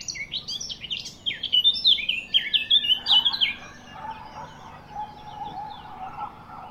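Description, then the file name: Eurasian blackcap song: a fast tumbling warble of sharp notes for about three seconds, followed by quieter lower sounds and a faint steady hum. "Sylvia atricapilla"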